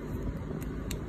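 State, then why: Seated. A wiring harness connector, rerouted for an ASI BAC8000 controller install on a Sur Ron, is pushed into its mating connector over a steady low rumble. A faint tick at 0.6 s is followed by a sharp click at 0.9 s as it seats securely. A pull test confirms it holds.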